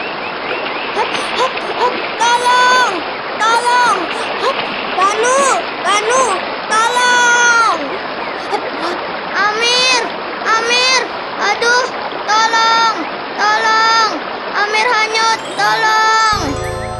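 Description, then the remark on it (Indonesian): Loud, steady rush of a fast-flowing river with splashing throughout as a boy jumps into the water, while a voice speaks in bursts over the constant watery roar. “langsung terjun ke sungai. Walaupun arus sungai sangat deras,”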